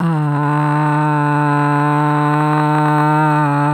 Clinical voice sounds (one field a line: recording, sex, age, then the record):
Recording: sustained vowel /a/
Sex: female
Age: 60 to 69 years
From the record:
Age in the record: 69 years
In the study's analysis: included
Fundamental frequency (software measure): 148 Hz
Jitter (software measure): 0.39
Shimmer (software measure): 1.28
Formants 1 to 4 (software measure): 909 Hz, 1466 Hz, 2581 Hz, 3959 Hz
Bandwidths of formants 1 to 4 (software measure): 116 Hz, 263 Hz, 233 Hz, 212 Hz